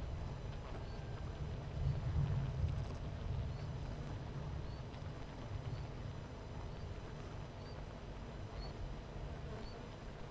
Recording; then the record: honeybee colony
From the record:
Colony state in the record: missing queen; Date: 14 July 2017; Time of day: 11:26